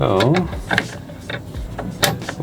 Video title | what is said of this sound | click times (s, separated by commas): M1 Max Mac Studio Assembly! See How it All Comes Together. | click into place just like that. | 2.3 s